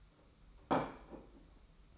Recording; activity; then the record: daily activity, microphone in the room; place plate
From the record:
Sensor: 1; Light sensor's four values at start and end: 28/98/37/38 and 29/98/38/38